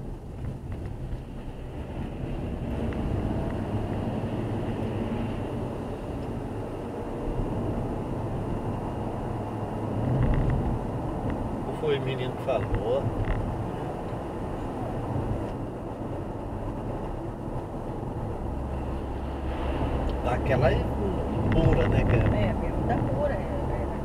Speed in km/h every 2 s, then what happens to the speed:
34, 46, 54, 60, 64, 67, 71, 74, 73, 75, 76, 77.
0-14 speeds up to 74. 14-24 steady at about 75.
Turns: none.